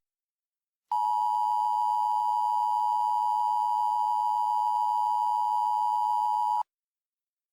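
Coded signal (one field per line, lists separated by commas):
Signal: Emergency Alert System (SAME) tones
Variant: 853 and 960 Hz attention tone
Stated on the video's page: Fictional mock emergency alert based on an SCP Wiki story.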